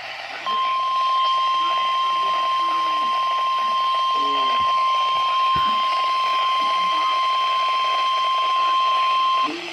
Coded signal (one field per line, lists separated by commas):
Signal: Emergency Alert System (SAME) tones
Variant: 1050 Hz attention tone